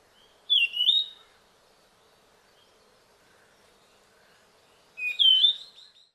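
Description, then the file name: Ryukyu flycatcher calling twice, each a short whistled phrase, separated by about four seconds of quiet. Recorded in Okinawa, Japan, on 12 March 2006. "ryuukyuukibitaki okinawa kaji"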